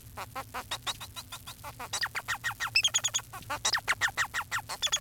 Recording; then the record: song of a male Bengalese finch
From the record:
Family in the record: son of father 4